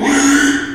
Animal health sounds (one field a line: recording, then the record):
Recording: squeal of a Yucatan mini pig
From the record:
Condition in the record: after surgery on the right vocal fold (resection and tissue-engineered implant)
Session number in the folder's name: 3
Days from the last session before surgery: 33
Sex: male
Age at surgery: 12 weeks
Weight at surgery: 13 kg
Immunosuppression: cyclosporine, prednisolone